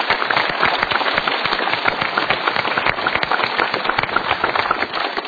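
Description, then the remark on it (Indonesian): An audience claps steadily for about five seconds, a dense, even crackle of many hands with no voices over it, holding at the same loud level throughout. “Kita berikan tepuk tangan pada.”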